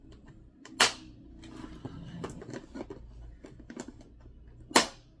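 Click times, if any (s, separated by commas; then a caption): 0.8 s, 4.8 s. The snap latches on the lid of a new plastic storage box filled with yarn are pressed shut onto the box rim, giving two sharp, crisp plastic clicks at 0.8 s and 4.8 s with faint handling ticks in between. Both latches seat and the lid is locked closed.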